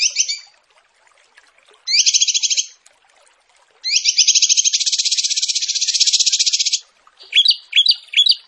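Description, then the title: Zebra finch giving buzzy, nasal rattling phrases, including one long grating trill, followed by a few quick sharp chirps. Training recording (masteran) of the bird singing vigorously (gacor). "Masteran Burung Tembakan Gacor"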